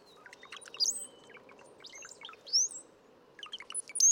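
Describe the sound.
Brown-headed cowbird song, gurgling bubbly notes punctuated by thin high whistles, repeated several times.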